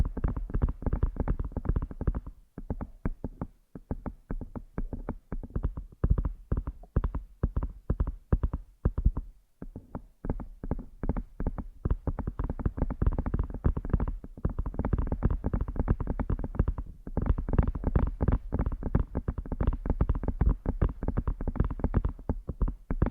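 Rapid, dense tapping and rubbing massage sounds picked up by headphones used as a mic, muffled and low, with brief pauses near 3, 9 and 17 seconds.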